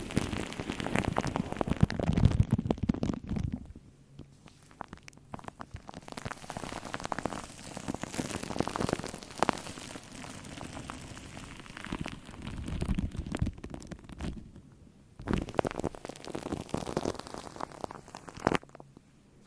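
Shaving cream squelches and crackles against the mic in dense, irregular bursts, loudest in the first four seconds, then quieter wet fizzing and popping.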